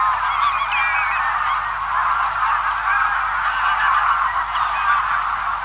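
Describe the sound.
Greylag goose: greylag geese give an unbroken babble of many overlapping honks and cackles, steady in loudness from start to finish.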